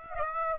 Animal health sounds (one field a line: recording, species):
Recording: mosquito wingbeat signal from an infrared sensor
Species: Aedes aegypti